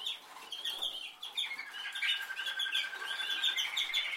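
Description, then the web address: Canary song: fast chirps and rolling trills, softer at first and fuller after the first second. "Canari Seda Canari"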